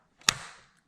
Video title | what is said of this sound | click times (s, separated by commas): I Never Knew About This On My 2019 Mustang GT! | push till it clicks push till it clicks and she's in | 0.3 s